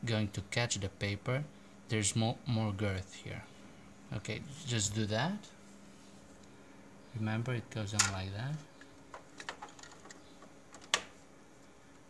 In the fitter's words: make sure it clicks same and